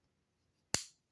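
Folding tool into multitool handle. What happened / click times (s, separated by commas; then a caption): A folding metal tool snapped shut into its handle / 0.7 s. After the lock release is pressed, a locking tool on a plier-style multitool is folded shut into its metal handle. A single loud, sharp snap lands at 0.7 s as it closes, with a short bright tail and near silence around it. The tool is seated shut.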